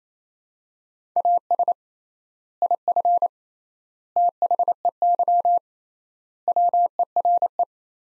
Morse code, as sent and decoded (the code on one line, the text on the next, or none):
.- ... / .. ..-. / - .... . -.-- / .-- . .-. .
AS IF THEY WERE